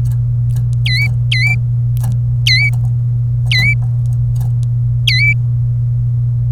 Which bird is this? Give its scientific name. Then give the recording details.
Serinus canaria. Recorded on 27 April 2018 at 13:05. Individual llb3